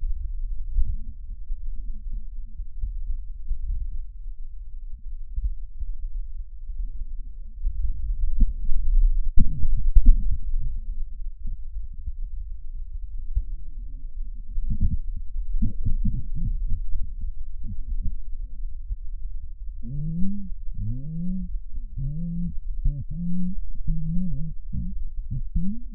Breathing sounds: lung sounds by stethoscope; right posterior apical chest; quiet breathing, then cough and speech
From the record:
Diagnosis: COPD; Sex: female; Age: 80 years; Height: 160 cm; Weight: 62 kg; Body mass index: 24.2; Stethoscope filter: bell mode

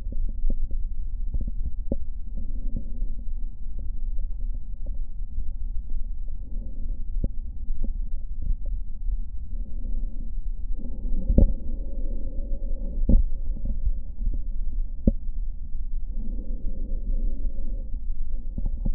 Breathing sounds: lung sounds by stethoscope; right posterior basal chest; quiet breathing, then deep breathing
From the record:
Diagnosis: asthma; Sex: female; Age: 77 years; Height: 160 cm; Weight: 68.7 kg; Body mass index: 26.6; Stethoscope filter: diaphragm mode

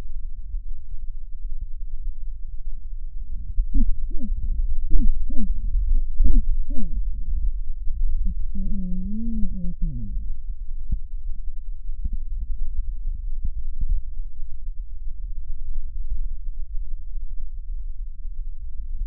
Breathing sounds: lung sounds by stethoscope; right anterior apical chest; quiet breathing, then cough and speech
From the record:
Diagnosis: interstitial lung disease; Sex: female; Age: 74 years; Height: 150 cm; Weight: 69.8 kg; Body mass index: 31.0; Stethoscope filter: bell mode

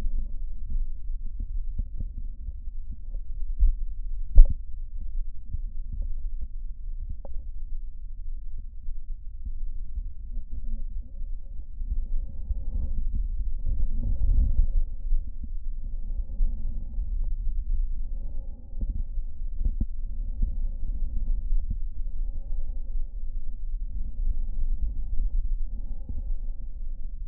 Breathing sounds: lung sounds by stethoscope; right posterior basal chest; quiet breathing, then deep breathing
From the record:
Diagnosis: pulmonary infection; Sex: male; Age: 86 years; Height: 165 cm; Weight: 65 kg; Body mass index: 23.9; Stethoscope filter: diaphragm mode

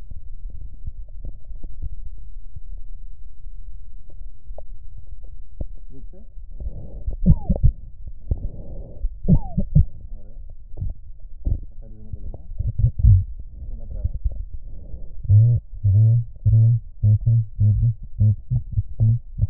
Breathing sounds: lung sounds by stethoscope; right posterior basal chest; quiet breathing, then cough and speech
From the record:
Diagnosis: none (healthy); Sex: male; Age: 29 years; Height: 180 cm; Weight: 100 kg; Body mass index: 30.9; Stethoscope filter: extended mode

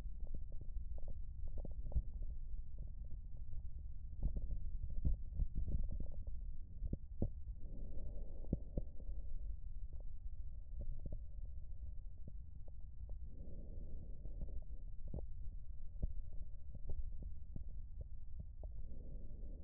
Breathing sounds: lung sounds by stethoscope; left posterior basal chest; quiet breathing, then deep breathing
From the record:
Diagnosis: interstitial lung disease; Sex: female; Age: 53 years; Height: 168 cm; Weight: 108 kg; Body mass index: 38.3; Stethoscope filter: extended mode

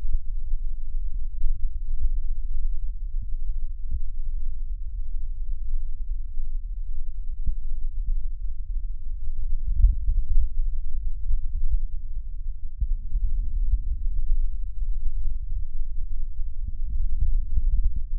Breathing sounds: lung sounds by stethoscope; right posterior basal chest; quiet breathing, then deep breathing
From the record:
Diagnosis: interstitial lung disease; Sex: female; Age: 60 years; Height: 152 cm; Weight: 55.9 kg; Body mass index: 24.2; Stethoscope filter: bell mode

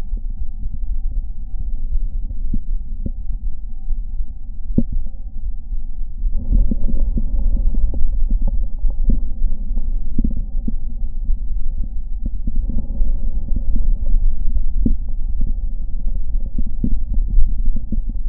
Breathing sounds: lung sounds by stethoscope; right anterior apical chest; quiet breathing, then deep breathing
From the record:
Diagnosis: interstitial lung disease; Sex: male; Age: 61 years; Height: 172 cm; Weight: 71 kg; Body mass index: 24.0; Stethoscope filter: diaphragm mode

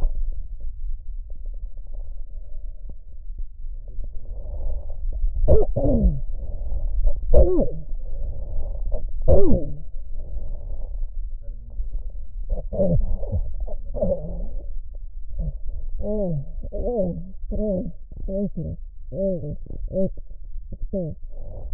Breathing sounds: lung sounds by stethoscope; right posterior basal chest; quiet breathing, then cough and speech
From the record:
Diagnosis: interstitial lung disease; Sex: female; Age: 72 years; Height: 153 cm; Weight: 71 kg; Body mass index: 30.3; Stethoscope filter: extended mode

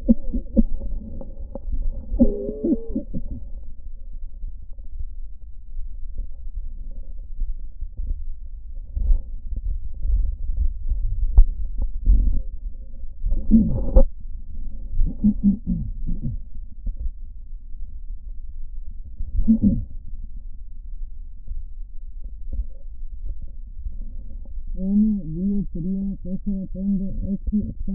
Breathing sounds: lung sounds by stethoscope; right anterior apical chest; quiet breathing, then cough and speech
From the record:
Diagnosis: pulmonary infection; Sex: female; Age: 74 years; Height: 160 cm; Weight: 66 kg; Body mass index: 25.8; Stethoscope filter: diaphragm mode

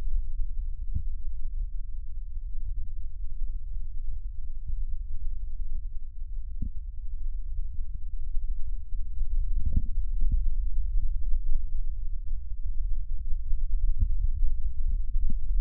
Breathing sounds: lung sounds by stethoscope; left posterior basal chest; quiet breathing, then deep breathing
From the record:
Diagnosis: COPD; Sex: male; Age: 70 years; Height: 174 cm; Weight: 94 kg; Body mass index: 31.0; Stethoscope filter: bell mode

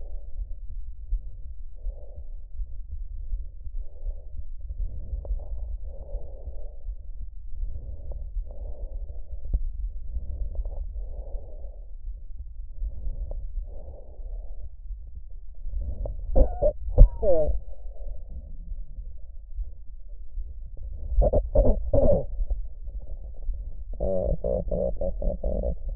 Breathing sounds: lung sounds by stethoscope; trachea; quiet breathing, then cough and speech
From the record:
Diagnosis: COPD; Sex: female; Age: 72 years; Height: 156 cm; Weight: 72 kg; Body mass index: 29.6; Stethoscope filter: extended mode

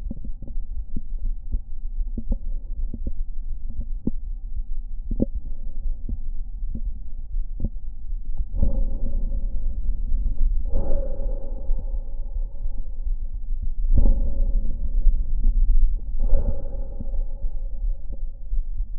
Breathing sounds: lung sounds by stethoscope; left anterior apical chest; quiet breathing, then deep breathing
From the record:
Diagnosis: COPD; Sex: male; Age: 59 years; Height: 171 cm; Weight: 91.4 kg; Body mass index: 31.3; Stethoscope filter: diaphragm mode

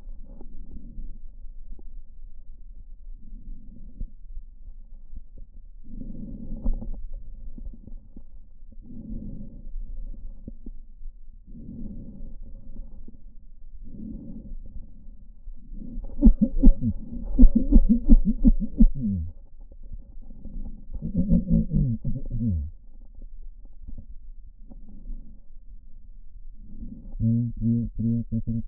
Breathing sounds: lung sounds by stethoscope; left posterior basal chest; quiet breathing, then cough and speech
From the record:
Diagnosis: none (healthy); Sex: male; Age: 45 years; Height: 173 cm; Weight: 92 kg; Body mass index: 30.7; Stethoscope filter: diaphragm mode

